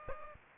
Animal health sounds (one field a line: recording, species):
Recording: mosquito wingbeat signal from an infrared sensor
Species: Aedes aegypti